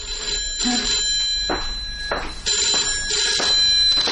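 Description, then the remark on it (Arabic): A telephone rings late at night, around 11 p.m., in repeated bursts, its bright, high electronic trill pulsing steadily with short gaps between rings. No one speaks. “يا ساتر يا ساتر، يا ترى مين اللي بيتصل في الساعة دي؟ أنا هرد أنا على التليفون أشوف مين.”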